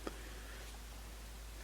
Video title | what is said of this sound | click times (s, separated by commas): Matchbox Restoration : #71 Ford Heavy Wreck Truck | and that just simply pops into place there we go | 0.1 s